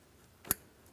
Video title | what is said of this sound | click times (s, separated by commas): How to Replace Intake Variable Valve Timing Solenoid 2015-2025 Ford Transit 250 3.7L V6 | Audible click and it's secure. | 0.5 s